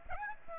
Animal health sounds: mosquito wingbeat signal from an infrared sensor; Aedes aegypti

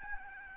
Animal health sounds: mosquito wingbeat signal from an infrared sensor; Aedes albopictus

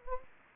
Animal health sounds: mosquito wingbeat signal from an infrared sensor; Anopheles gambiae

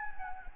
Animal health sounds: mosquito wingbeat signal from an infrared sensor; Anopheles gambiae

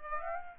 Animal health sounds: mosquito wingbeat signal from an infrared sensor; Aedes aegypti

